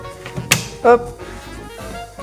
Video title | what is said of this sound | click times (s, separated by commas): TIROIRS bois | Ça vient se clipser avec la coupleur devant. | 0.5 s